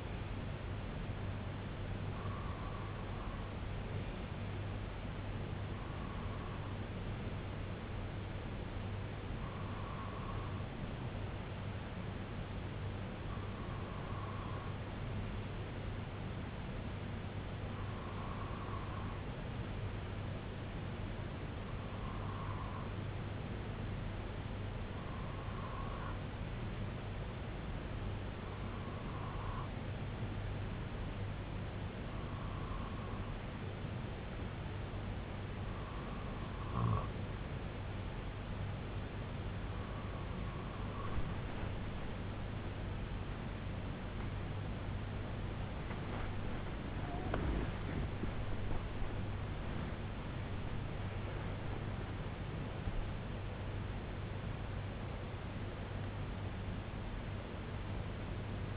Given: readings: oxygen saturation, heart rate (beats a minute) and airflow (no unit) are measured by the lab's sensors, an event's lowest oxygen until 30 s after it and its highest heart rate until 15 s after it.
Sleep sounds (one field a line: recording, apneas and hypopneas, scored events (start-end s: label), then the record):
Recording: breathing in sleep by a voice recorder at the bedside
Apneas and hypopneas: 1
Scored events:
19.00-49.90 s: hypopnea (REM, oxygen 97% highest, then 94% lowest, heart rate 65 at the start, 89 highest)
36.00-58.76 s: new sleep stage, N1 (lightest sleep)
From the record:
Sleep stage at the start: REM sleep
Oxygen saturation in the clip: 95 to 97%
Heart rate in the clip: 63 to 89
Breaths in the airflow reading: 14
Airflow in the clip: -10.8 to 10.1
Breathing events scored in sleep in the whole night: 258 in 7.4 hours asleep